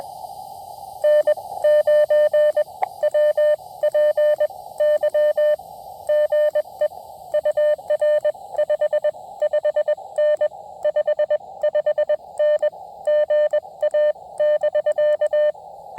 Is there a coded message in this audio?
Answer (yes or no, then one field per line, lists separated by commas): yes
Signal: Morse code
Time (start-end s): 1.0-15.5 s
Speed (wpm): 20 wpm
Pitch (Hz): 590 Hz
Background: none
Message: N9WPY GE UR 55N 55N GA <BK>